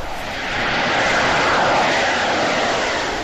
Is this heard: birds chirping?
no